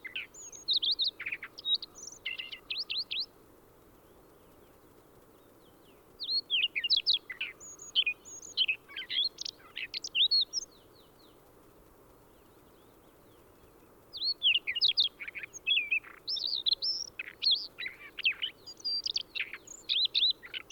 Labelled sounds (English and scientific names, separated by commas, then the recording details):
Siberian Rubythroat (Luscinia calliope) song
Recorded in the wild
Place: Dzhalmyn, MN
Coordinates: 48.166, 107.736
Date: 1979-06-11
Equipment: Nagra III BH, Sennheiser MD 21, parabola
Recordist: Schubert, Michael
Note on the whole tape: Gesang Rubinkehlchen frühmorgens